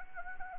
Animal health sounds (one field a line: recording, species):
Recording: mosquito wingbeat signal from an infrared sensor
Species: Anopheles arabiensis